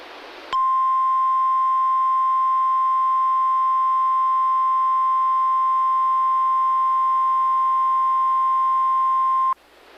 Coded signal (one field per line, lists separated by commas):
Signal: Emergency Alert System (SAME) tones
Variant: 1050 Hz attention tone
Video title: REQUIRED WEEKLY TEST (EAS ALERT 200)